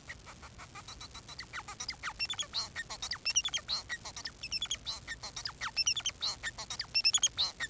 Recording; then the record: song of a male Bengalese finch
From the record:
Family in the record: son of father 4